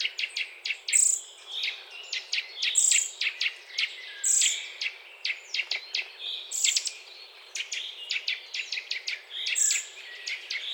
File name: Sitta europaea